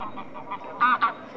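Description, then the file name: Bean goose honks, faint calls then two louder honks near the end. Recording made for a hunting lure device. "Гуменник Oca Granaiola"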